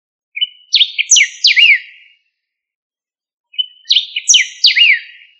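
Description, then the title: Bird song: two matching phrases of bright whistled notes with quick rising and falling sweeps, each lasting under two seconds, separated by a silence of over a second. "LuckyPassaro Completos2Sama"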